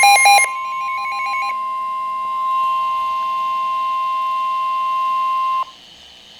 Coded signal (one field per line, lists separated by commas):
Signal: Emergency Alert System (SAME) tones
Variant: 1050 Hz attention tone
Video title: Flood Warning (EAS #289)